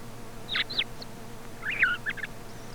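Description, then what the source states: Thrush giving a few high squeaky notes then a quick twittering phrase with a slurred whistle, over a low background hum. Commercial lure recording sold by a Càlig company for parany bird trapping.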